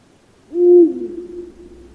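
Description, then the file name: Eurasian eagle-owl giving a single deep, booming hoot that starts abruptly and fades away over about a second. "huuhkajan hallikainen"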